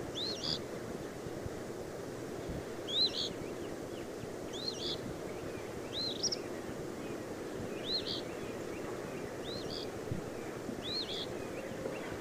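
Eastern phoebe singing a brisk, burry two-part phrase seven times at a fairly steady pace, with constant low outdoor noise underneath.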